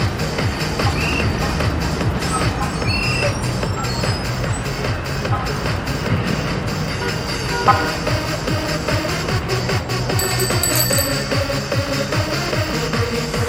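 A busy street with a dense, steady wash of traffic and voices, and a thumping low beat of techno pulsing underneath throughout. Short bright chimes, like bicycle bells, ring out near the start and again around ten seconds.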